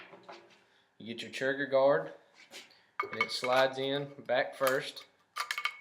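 During reassembly, a trigger guard is slid back first into a rifle receiver while someone talks, with brief sharp metallic handling taps near the end. Nothing has seated or clicked into place yet.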